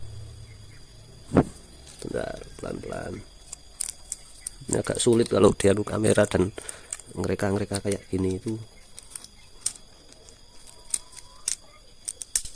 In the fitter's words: Nah, sampai bunyi tek. Nah, masuk.